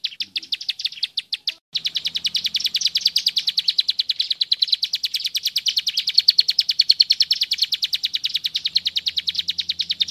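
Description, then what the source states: Bar-winged Prinia song: a short burst of high notes, a pause, then a long, even run of rapid ringing chips with a faint low hum. Masteran tutor song.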